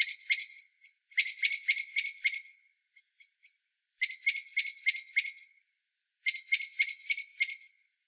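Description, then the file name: Common blackbird giving repeated bursts of several hard chattering notes each, with a few scattered single clicks between the bursts. "Turdus merula"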